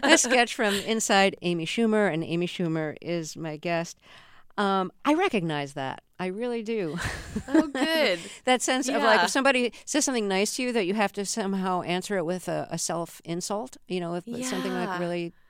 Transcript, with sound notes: That's a sketch from "Inside Amy Schumer," and Amy Schumer is my guest. I recognize that, I really do.
(LAUGHTER)
Well, good.
That sense of, like, if somebody says something nice to you that you have to somehow answer it with a self-insult, with something like really